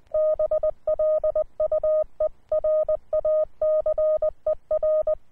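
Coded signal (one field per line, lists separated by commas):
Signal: Morse code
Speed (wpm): 20 wpm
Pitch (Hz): 620 Hz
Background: none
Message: BLUE RACER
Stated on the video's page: QRP CW from a uSDX rig.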